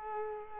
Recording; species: mosquito wingbeat signal from an infrared sensor; Culex quinquefasciatus